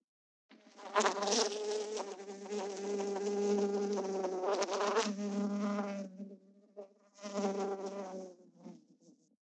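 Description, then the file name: Fly giving a sustained droning buzz that swells and fades in loudness, breaking off briefly before a final short burst. Recorded at close range. "Fly Insect Buzz Close Range"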